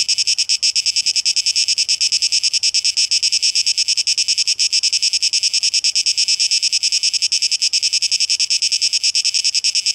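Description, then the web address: Cicada song: a continuous piercing rasp, rhythmically pulsing many times a second from start to end. Recorded 12 August 2023; tape echo mix. "rauschpartikel 2023-08-12 Zikaden"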